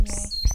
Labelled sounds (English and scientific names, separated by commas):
Stitchbird (Notiomystis cincta) song